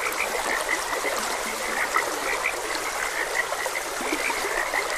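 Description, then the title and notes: Chorus of frogs giving short, evenly repeated croaks, several distinct louder notes, over the soft constant rush of a stream. Frogs croaking beside a gentle stream. "Frogs Croaking. Sleep and Relaxation Podcast"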